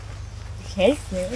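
A telescopic pole lock on the frame of a Qeedo Quick Villa Pro pop-up tent is handled while the pole is being pulled out, over a steady low hum, and someone talks briefly around 0.8–1.4 s. The pole has not yet locked into place, and nothing has clicked or seated yet.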